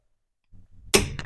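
A torque wrench set to 245 Nm tightens the driveshaft (CV joint) hub nut on the front hub of a Peugeot 206, with the hub held by a Torx 40 screwdriver. Low, quiet straining sounds build from about 0.5 s until the wrench gives a sharp, loud click at 0.9 s, followed by a faint tick at 1.2 s. The nut is confirmed tightened correctly to 245 Nm.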